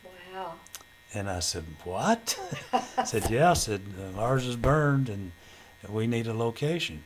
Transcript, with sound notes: Wow.
And I said, "What?" (Laughter) He said, "Yeah." Said, "Ours is burned and we need a location."